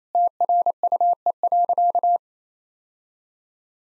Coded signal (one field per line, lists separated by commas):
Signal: Morse code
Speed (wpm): 28 wpm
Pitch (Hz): 700 Hz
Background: none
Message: TRUE.